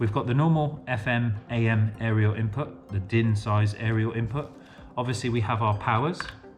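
A plastic power harness connector is being handled at the back of a car stereo head unit, about to be plugged into its socket. A man talks throughout with faint music underneath. The connector has not seated or clicked yet.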